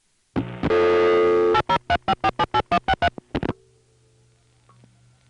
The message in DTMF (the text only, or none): 8035478163